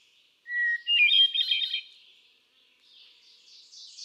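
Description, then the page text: Hermit thrush song: a clear pure whistled opening note followed by a rising cascade of fluty, ringing phrases, then faint higher song fragments. Male singing, cycling through a repertoire of about ten different songs; 13 June 2006, Quabbin Park, Ware, Massachusetts. "Birdsong for the Curious Naturalist. Hermit thrush. A truly gifted and inspiring songster. Can you hear how he cycles through his repertoire of about ten different songs? June 13, 2006. Quabbin Park, Ware, Massachusetts"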